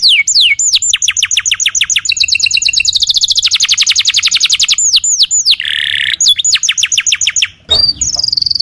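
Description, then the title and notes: Canary song of high swooping notes and fast even trills, with a buzzy phrase and a short noisy burst late. Tutoring recording, long duration, used to train young canaries to sing. "Pancingan Kenari Muda. masteran kenari"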